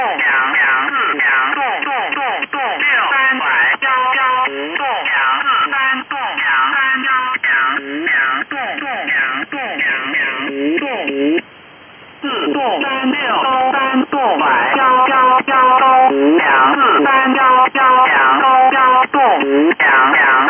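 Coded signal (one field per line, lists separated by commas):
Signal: numbers station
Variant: VC01 Chinese Robot, Mandarin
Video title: Chinese Robot number station VC01 | Signal Phantom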